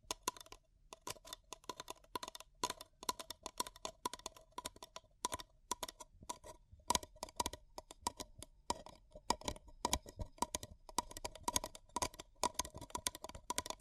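Paper cup tingles: quick tapping and crinkling clicks on a paper cup, sharp and bright, coming in dense irregular bursts with brief pauses. The taps run throughout, growing busier and louder after about seven seconds, over a faint low hum.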